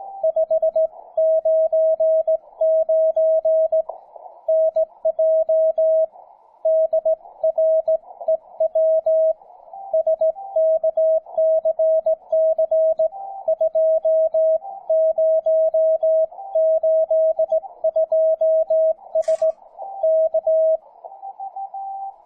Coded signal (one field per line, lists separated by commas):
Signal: Morse code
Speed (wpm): 17 wpm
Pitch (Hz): 640 Hz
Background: music, radio noise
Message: 599 NJ DREW SKCC 2082S K